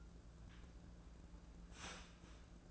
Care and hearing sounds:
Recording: daily activity, microphone in the room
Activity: start toaster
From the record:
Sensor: 2

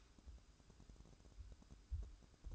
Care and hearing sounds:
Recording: daily activity, microphone in the room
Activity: light on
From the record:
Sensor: 2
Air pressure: 1007.7 hPa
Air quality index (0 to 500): 66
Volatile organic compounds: 1 ppm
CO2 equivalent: 610 ppm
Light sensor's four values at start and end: 9/22/9/9 and 14/40/16/16

